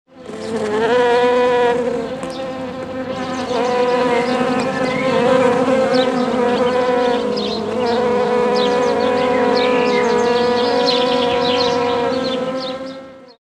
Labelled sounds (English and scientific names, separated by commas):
Honey Bee (Apis mellifera)